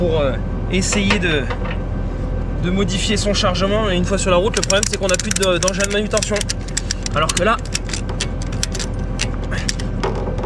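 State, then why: Seated. A steel transport locking latch on the frame of a tillage implement is locked before the machine goes on the road, while someone talks. Several sharp metallic clanks ring out between about 7.9 and 9.7 s. The latch seats at 9.7 s and is left locked so it can no longer open.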